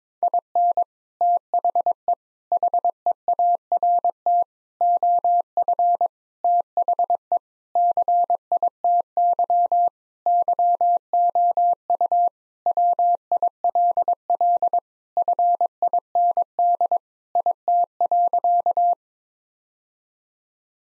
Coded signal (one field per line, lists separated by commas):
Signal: Morse code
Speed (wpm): 22 wpm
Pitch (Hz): 700 Hz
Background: none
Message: IN THE HEART OF THE CITY YOU WILL FIND IT.